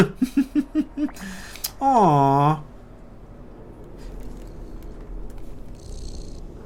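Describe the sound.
A cat purrs from a small game controller speaker, a run of about seven quick rhythmic low pulses, then a short, bright, tonal meow-like sound before fading into faint background noise.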